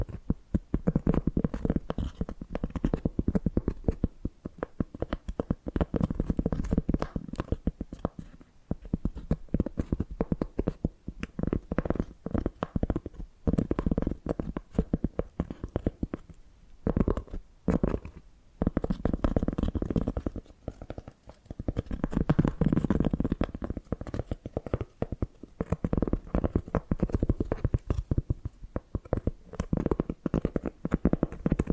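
Tapping and scratching run through the whole stretch as dense, rapid clicks and rubs, mostly low and muffled, with some brighter sharp ticks. Activity stays busy with brief pauses around 16 to 18 seconds and again near 21 seconds.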